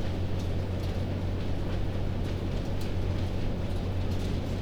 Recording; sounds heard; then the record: poultry house recording; no chicken sound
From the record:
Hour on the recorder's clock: 0